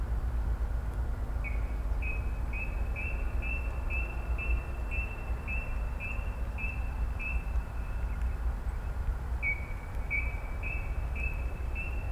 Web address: koe kuina